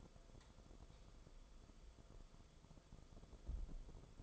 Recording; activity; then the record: daily activity, microphone in the room; light on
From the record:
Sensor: 5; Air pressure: 994.5 hPa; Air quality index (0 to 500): 192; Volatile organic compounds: 1000 ppm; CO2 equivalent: 5644 ppm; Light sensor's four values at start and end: 20/50/20/23 and 20/51/21/24